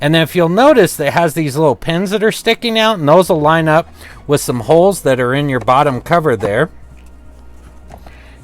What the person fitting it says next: you'll just come push them and you'll hear that click together like that